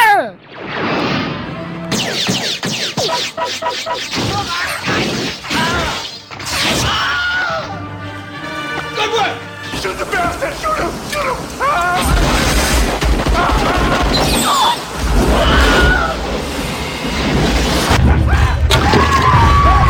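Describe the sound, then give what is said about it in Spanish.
Amid a chaotic film action scene full of crashes, bangs and gunfire-like bursts, a short, high-pitched Wilhelm scream, a well-known cinematic sound-effect cliché, rings out in the background among other shouting voices. “Fijaros en el sonido del grito que se oye de fondo”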